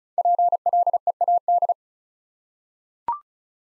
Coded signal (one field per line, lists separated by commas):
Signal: Morse code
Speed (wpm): 36 wpm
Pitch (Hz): 700 Hz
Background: none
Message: PLEAD